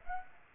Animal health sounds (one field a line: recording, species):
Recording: mosquito wingbeat signal from an infrared sensor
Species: Aedes aegypti